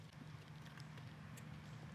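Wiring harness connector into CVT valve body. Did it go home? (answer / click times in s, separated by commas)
no / none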